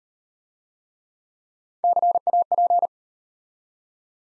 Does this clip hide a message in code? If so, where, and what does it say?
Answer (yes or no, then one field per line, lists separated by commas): yes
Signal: Morse code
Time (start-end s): 1.8-2.9 s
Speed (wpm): 40 wpm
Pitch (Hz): 700 Hz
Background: none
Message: CAP